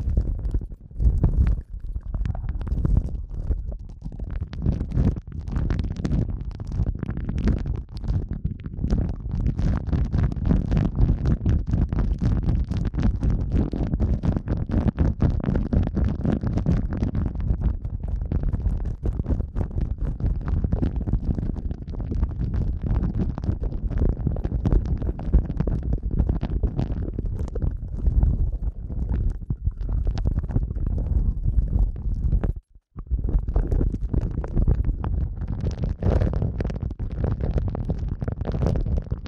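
Eardrum massage sounds: dense, muffled rubbing and pressing that churns steadily low and full, with rapid soft crackles and thumps throughout. The texture stays busy and close to constant, broken only by a brief silent gap around thirty-three seconds before resuming.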